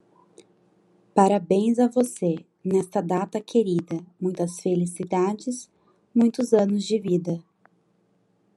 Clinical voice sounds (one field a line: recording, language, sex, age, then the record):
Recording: short text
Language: Brazilian Portuguese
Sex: female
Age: 20 to 29 years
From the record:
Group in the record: control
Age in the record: 22 years